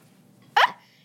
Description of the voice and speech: Tourette Syndrome. You'll hear his tics. But, more than that, you'll hear a young boy.